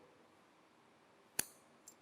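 A spool is slowly slid onto a grooved shaft again, and its spring-loaded lever rises, then drops and strikes the shaft, latching into the groove to hold the spool in place. After quiet background noise, one sharp, bright click rings out at 1.4 s, followed by a much fainter tick at 1.9 s. The spool is seated on the shaft.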